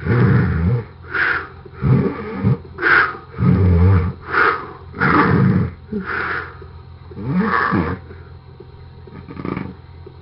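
Loud, rough, low-pitched snoring from an adult sleeper comes in uneven bursts on both breathing in and out, with a rumbling, roaring quality. The pattern is irregular, with a quieter pause near the end. It is snoring from sleep apnea, where the airway repeatedly narrows or closes during sleep.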